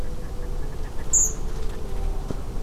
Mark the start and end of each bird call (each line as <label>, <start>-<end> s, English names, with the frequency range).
Redwing (6.0-8.2 kHz), 1.12-1.33 s